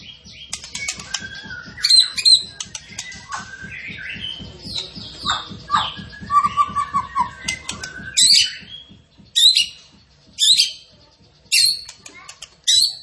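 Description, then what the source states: Tembakan bird song of varied chirps and slurred whistles, then loud buzzy bursts repeated about every second, over a soft low ticking background. Masteran training recording, with the bird singing actively (gacor).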